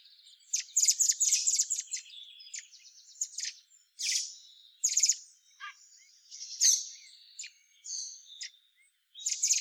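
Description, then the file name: Eurasian blackbird calls: bursts of high, scratchy chirps and buzzy twitters, some sharp single notes, separated by short pauses, with no other clear sounds. "Turdus merula"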